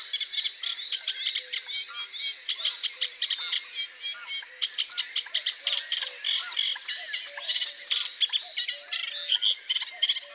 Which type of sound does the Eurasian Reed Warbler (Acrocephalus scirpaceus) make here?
song